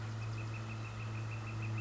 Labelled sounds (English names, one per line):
Northern Flicker